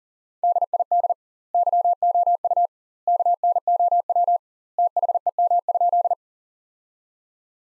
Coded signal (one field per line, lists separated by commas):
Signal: Morse code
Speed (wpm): 37 wpm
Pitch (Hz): 700 Hz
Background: none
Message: DID YOU KNOW THEM?